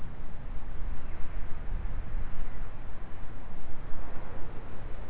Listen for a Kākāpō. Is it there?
no